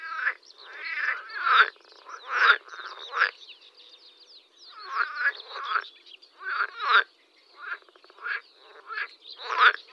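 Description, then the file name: Water frog croaking in a chorus, with rattling, pulsed bursts that overlap and come in uneven clusters, plus faint high chirps above. "zelena zaba"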